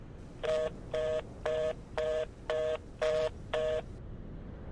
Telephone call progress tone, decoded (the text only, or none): reorder tone